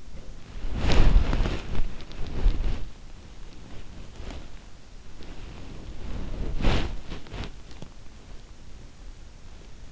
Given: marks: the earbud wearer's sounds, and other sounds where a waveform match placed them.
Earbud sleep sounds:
sounds in sleep by an in-ear microphone; body movement
0.00-7.91 s: body movement

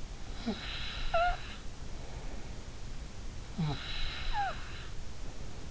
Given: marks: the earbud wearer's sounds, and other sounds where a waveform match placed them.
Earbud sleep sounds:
sounds in sleep by an in-ear microphone; snoring breath
0.29-2.42 s: snoring breath
3.54-5.71 s: snoring breath

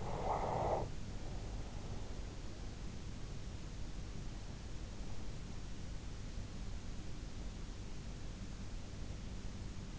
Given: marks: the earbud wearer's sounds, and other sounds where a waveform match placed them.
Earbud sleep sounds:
sounds in sleep by an in-ear microphone; breath
0.00-1.14 s: breath

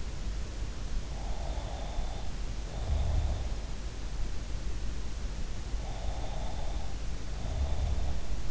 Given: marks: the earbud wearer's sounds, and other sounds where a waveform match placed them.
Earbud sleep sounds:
sounds in sleep by an in-ear microphone; snoring breath
1.24-3.51 s: snoring breath
5.74-8.51 s: snoring breath

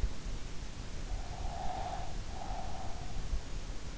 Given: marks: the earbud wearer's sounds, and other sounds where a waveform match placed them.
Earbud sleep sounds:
sounds in sleep by an in-ear microphone; breath
1.13-3.32 s: breath

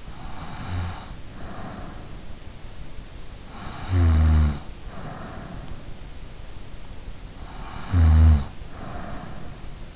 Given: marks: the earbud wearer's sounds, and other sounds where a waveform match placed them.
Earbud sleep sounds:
sounds in sleep by an in-ear microphone; snoring breath
0.00-2.02 s: snoring breath
3.46-5.60 s: snoring breath
7.41-9.43 s: snoring breath

